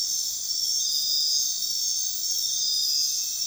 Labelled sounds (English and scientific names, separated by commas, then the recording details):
none
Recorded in dense forest near Puerto Asís, Putumayo, Colombia, on 21 February 2024 at 02:00
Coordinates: 0.466, -76.327
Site G6413